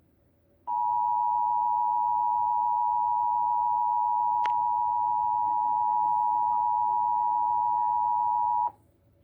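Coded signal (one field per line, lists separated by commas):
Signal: Emergency Alert System (SAME) tones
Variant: 853 and 960 Hz attention tone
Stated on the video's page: Required Monthly Test of the Emergency Alert System aired on a TV station, interrupting a network programme.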